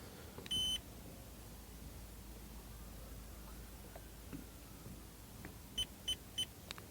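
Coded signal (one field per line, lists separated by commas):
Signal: beep code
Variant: electric trolling motor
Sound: one quarter-second high beep, quiet pause, then three short high beeps evenly spaced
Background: outdoor background hiss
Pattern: 3 short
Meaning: Three beeps mean between 60 and 80% battery charge remaining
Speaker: now the number of beeps tells me how much charge a got left there were three beeps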